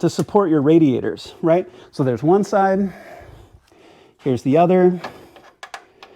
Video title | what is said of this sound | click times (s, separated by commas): Dress up your engine with Kies Motorsports - Easy CF radiator cover DIY | And as you can hear it snap into place, | 5.6 s